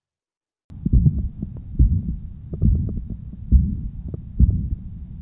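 Regular low heartbeats at about 68 a minute in an adult heard by stethoscope, with a soft continuous whooshing filling the space after each first sound and no loud first heart sound. This is a classic textbook soft, blowing holosystolic murmur of mitral regurgitation, which radiates to the axilla. A loud first sound would point to mitral valve prolapse.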